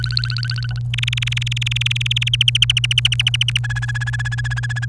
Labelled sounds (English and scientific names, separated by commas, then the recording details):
Domestic Canary (Serinus canaria) song
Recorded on 29 April 2018 at 06:01
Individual llb3